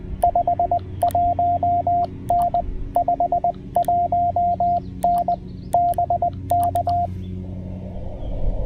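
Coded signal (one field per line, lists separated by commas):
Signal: Morse code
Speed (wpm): 20 wpm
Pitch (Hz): 700 Hz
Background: radio noise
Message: 51N 51N BK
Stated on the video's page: QRP CW park activation from Great Seal State Park, using a Penntek TR-45L Skinny, paddles and a homebrew 40m EFHW.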